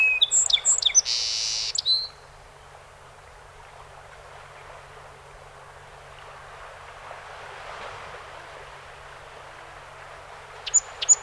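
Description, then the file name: Song sparrow song: a brief burst of sharp high notes and a buzzy stretch, then quiet background, with a few high notes starting at the very end. 48 songs, 7 June 2018. "2018-06-07 Song Sp 48 Songs"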